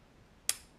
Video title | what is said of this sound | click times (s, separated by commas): Wahl Elite Pro | just snaps into place with that metal clip | 0.5 s